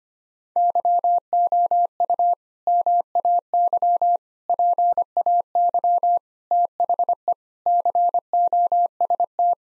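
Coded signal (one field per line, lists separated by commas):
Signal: Morse code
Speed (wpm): 25 wpm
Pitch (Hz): 700 Hz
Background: none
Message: YOU MAY PAY THE COST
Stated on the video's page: Morse practice set at 25 wpm: sentences of common eight-word phrases for head-copy drill.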